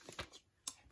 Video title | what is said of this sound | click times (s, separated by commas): TUTO [ album photo de classe souvenirs ] DT custodeco | avez juste à le passer comme ça et vous voyez c'est enclenché | 0.7 s